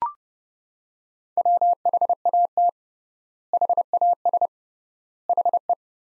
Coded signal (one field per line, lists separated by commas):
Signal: Morse code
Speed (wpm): 30 wpm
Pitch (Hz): 700 Hz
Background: none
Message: WHAT HAS HE